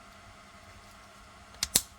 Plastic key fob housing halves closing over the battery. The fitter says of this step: and then you'll kind of like Snap into place